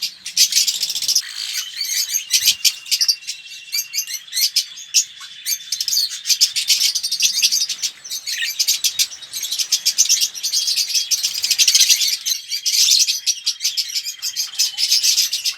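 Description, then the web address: Red-rumped parrot song: sustained high twittering and rapid clicking trills with a thin whistled tone running underneath, almost without pause. "pevcii popugai. parrots psephotus-haematonotus"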